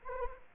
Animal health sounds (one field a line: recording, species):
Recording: mosquito wingbeat signal from an infrared sensor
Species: Anopheles arabiensis